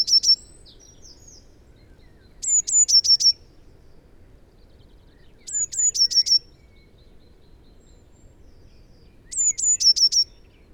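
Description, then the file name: Eurasian blue tit repeating its high, thin song: a few notes running into a brief rapid trill, heard about four times every few seconds. "Cyanistes caeruleus"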